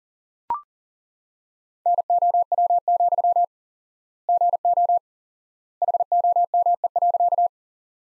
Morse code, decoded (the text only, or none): NOW, GO HOME.